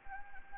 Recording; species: mosquito wingbeat signal from an infrared sensor; Anopheles gambiae